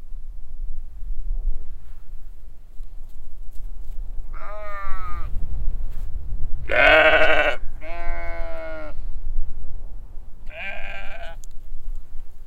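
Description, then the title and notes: Sheep bleating: four wavering baas, one loud and harsh, over strong low wind rumble. Large flock on a windy hill pasture near Hupperdange, bleating at a stranger on the road. "On a windy hill. A big group of sheeps baaing to the stranger at the road."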